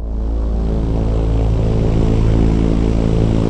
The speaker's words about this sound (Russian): Высоко в небе летит самолет. На его корпусе установлен радар.